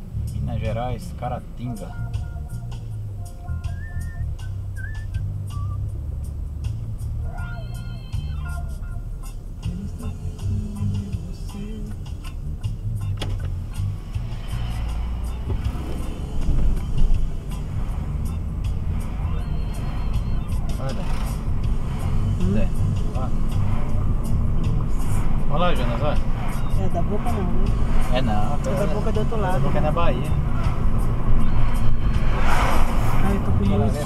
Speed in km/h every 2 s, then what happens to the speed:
7, 9, 13, 14, 15, 17, 18, 20, 27, 35, 42, 46, 51, 55, 57, 57, 55.
0-27 speeds up to 57. 27-34 steady at about 57.